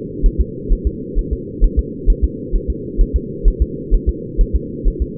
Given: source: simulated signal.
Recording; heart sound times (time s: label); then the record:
fetal heart sounds
0.26 s: S1
0.41 s: S2
0.72 s: S1
0.87 s: S2
1.19 s: S1
1.33 s: S2
1.64 s: S1
1.79 s: S2
2.10 s: S1
2.24 s: S2
2.55 s: S1
2.70 s: S2
3.01 s: S1
3.16 s: S2
3.48 s: S1
3.62 s: S2
3.94 s: S1
4.09 s: S2
4.41 s: S1
4.56 s: S2
4.88 s: S1
5.02 s: S2
From the record:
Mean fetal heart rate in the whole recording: 130 bpm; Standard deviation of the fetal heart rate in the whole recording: 2 bpm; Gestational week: 38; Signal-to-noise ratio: -4.1 dB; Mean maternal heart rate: no maternal heart sound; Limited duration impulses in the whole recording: absent